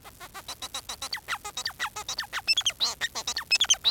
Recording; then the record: song of a male Bengalese finch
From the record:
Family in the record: son of father 4